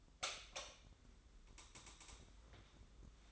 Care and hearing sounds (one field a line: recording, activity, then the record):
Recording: daily activity, microphone in the room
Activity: light on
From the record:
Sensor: 3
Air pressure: 995.3 hPa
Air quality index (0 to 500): 82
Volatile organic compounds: 7 ppm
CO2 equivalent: 1987 ppm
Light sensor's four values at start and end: 9/22/9/9 and 12/31/12/12